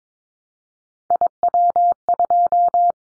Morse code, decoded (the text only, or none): IW2